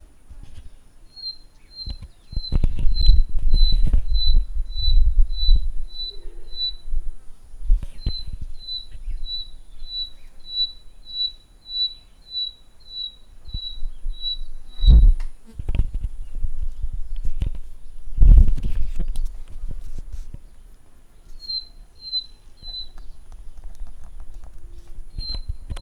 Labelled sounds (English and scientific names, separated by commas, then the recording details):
Western Black-headed Batis (Batis erlangeri)
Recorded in northern Uganda